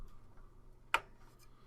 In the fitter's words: And now it clicked into place.